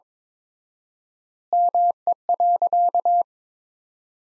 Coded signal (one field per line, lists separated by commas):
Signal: Morse code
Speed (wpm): 22 wpm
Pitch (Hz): 700 Hz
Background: none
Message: ME.